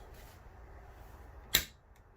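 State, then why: Seated. An RV refrigerator door on a 2021 Heartland Mallard M26 travel trailer is closed, and its travel latch clicks sharply at 1.5 s, locking the door securely shut so it won't swing open while driving. A faint second tick follows at about 2.0 s over a low background hum.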